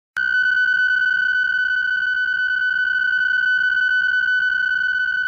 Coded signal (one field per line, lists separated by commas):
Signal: PSK63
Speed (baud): 62.5 baud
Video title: VOA Radiogram